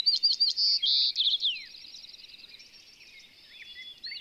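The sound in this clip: Bird singing a loud opening of quick whistled and buzzy notes, fading into a long soft twittering trill.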